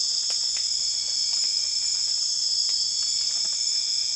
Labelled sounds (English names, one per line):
none